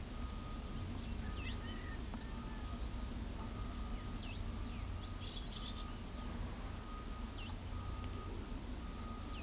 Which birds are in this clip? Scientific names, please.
Thraupis episcopus, Quiscalus lugubris